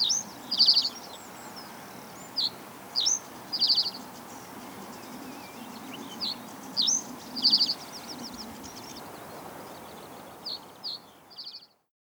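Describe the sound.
Bird song: high, buzzy trilled bursts alternating with quick thin chirps and slurred notes, repeated throughout before it cuts off near the end, over soft background noise.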